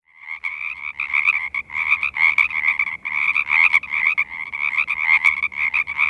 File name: p sierra